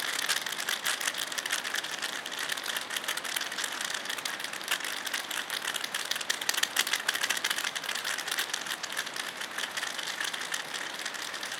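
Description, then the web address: Oilbird chorus of coarse, crackling screeches and fast clicks, dense and continuous, with a few louder bursts midway. "صدای-مرغ-روغنی"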